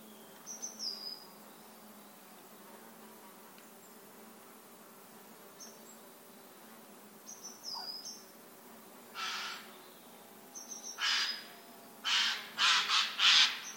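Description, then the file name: Eurasian jay giving several harsh, rasping screeches, mostly in the last few seconds, with thin high whistles and squeaks of small birds earlier. "Garrulus glandarius"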